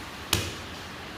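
The clutch knob on a Kings Dominator X winch's gearbox clutch selector is turned anti-clockwise toward the engaged position and gives one sharp click at 0.3 s, which then decays over a low background. The clutch clicks in and seats when turned this way, unlike clockwise turning, which makes no click.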